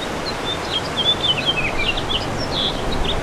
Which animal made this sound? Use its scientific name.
Haemorhous mexicanus